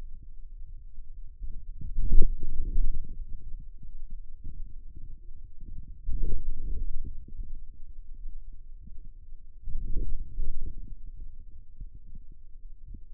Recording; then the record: forearm muscle sounds (acoustic myography)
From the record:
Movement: outward rotation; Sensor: system 2, bracelet of six BSWA MPA416 microphones around the upper forearm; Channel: 4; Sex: male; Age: 22 years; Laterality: right